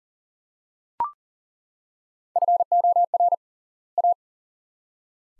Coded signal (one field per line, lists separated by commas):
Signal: Morse code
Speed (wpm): 40 wpm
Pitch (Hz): 700 Hz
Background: none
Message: FOR A